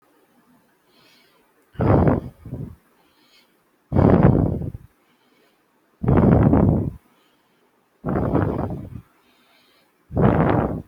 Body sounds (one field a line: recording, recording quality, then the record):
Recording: shallow breathing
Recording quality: excellent, no background noise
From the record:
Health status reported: healthy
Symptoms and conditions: none ticked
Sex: male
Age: 25 years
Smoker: not ticked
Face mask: not worn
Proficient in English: yes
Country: India